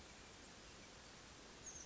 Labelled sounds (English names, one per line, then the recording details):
Oak Titmouse
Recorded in Sonoma County, California